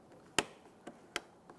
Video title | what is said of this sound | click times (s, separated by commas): How to Replace Mirrors 2014-2018 Mazda 3 | Listen for an audible click all the way around. | 0.4 s, 1.2 s